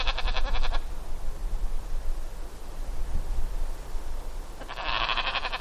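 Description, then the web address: Dall sheep bleats, one rough bleat at the start and a second beginning near the end after a pause of about four seconds, over low rumbling background noise. Recorded in Denali, Alaska, on 6 July 2011 at 06:48. "alaska MAMMALS 20110706 064839 Dall Sheep"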